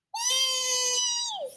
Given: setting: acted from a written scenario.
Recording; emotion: vocal sound without words; triumph